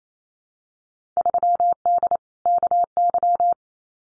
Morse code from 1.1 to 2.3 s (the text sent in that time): 3D